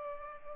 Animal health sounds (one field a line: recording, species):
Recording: mosquito wingbeat signal from an infrared sensor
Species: Culex pipiens